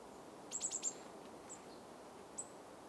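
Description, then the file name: Eurasian blue tit calling, a quick run of four thin, very high notes, then a few single high notes spaced apart, over a steady hiss. "Cyanistes caeruleus"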